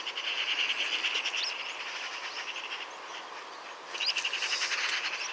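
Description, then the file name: Eurasian magpie rattle, coarse fast pulses at the start, quieting midway, then a second harsh burst with a small chirp. "Pica pica"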